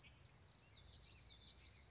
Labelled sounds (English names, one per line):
Common Yellowthroat